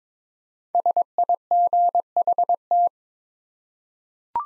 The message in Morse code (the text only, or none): SIGHT